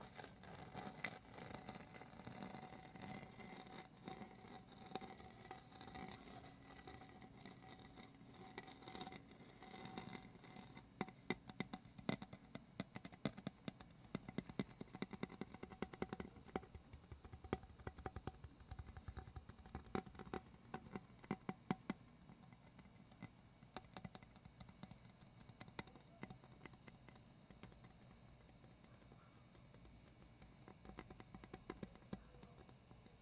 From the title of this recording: ASMR medium gentle tapping and scratching